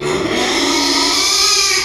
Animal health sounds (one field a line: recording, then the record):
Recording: squeal of a Yucatan mini pig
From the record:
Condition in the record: after surgery on the right vocal fold (resection and tissue-engineered implant)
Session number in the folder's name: 2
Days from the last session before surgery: 13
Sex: male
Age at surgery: 12 weeks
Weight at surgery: 13 kg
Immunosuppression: cyclosporine, prednisolone